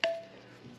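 A steel snap ring (circlip) is pushed with a screwdriver into the groove of a motorcycle wheel hub beside the new bearing to make sure it is snapped in all the way. A sharp metallic snap at 0.0 s rings out and fades, followed by a duller knock at 0.8 s. The snap ring is seated in its groove.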